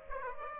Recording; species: mosquito wingbeat signal from an infrared sensor; Aedes aegypti